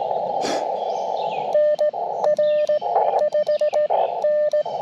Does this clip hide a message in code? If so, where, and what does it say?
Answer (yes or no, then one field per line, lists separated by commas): yes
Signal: Morse code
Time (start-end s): 1.5-4.6 s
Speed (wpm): 20 wpm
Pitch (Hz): 580 Hz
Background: radio noise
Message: NR5N